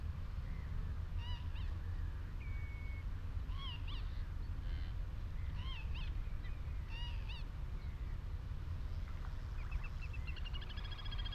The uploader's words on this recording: Out in the wide open on Higham Marshes in Kent on a warm May afternoon. The sound scene of the Higham Marshes nature reserve from a little hawthorn tree in full scented blossom. Giant operating container ports rumble on the same horizon.